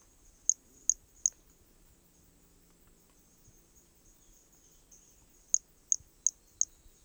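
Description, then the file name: Hermogenes' pumpkin toadlet calling: a quick series of three very high, short chirping notes, silence, then four more, over a steady high insect-like hiss. Recorded specimen from Corcovado; notes mention specimen one and two, starting notes lost, recorded without interruption. "MHNCI Brachy hermogenesi Corcovado specimen one two starting notes lost without interruption"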